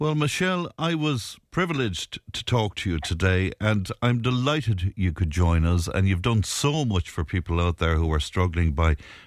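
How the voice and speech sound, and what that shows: An adult male radio host speaking in a typical voice, thanking an interview guest with warm, fluent, low-pitched speech and only short pauses, on a Tipp FM radio segment about living with a speech impediment.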